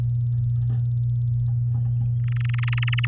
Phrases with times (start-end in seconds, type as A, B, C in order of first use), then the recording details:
2.24-3.06 A. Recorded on 11 May 2018 at 05:29. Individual llb16